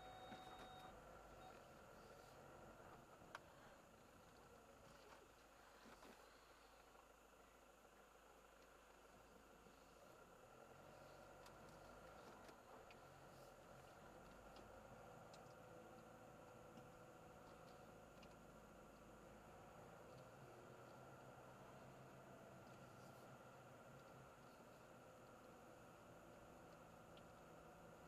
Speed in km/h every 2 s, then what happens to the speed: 21, 13, 0, 0, 0, 14, 22, 25, 24, 27, 28, 26, 23, 24.
0-4 brakes to 0. 4-9 standing. 9-13 pulls away to 25. 13-28 steady at about 25.